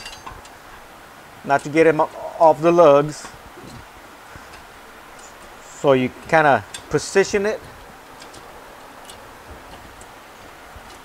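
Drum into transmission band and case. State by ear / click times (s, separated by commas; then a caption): not seated / none. During a 5R55E transmission rebuild, a drum is lined up inside the band in the transmission case so the band stays on its lugs. Someone talks over quiet background noise, with a faint tick-like sound and one small hit. The drum is positioned but not yet all the way in, and nothing has seated or clicked yet.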